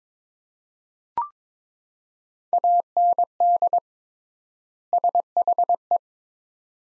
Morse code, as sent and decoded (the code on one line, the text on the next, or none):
.- -. -.. / ... .... .
AND SHE